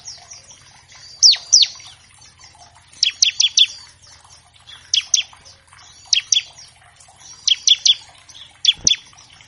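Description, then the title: Bar-winged Prinia song: short groups of two to four sharp chip notes, repeated every second or two, with faint twittering chatter underneath. Gacor (actively singing) ciblek paired with a gacor canary as a master track for training captive birds of all kinds; also a lure to make ciblek sing quickly. "Masteran Ciblek Gacor Vs Kenari Gacor Untuk Masteran Semua Jenis Burung. Pancingan Ciblek bahan agar cepat bunyi. Burung Ciblek"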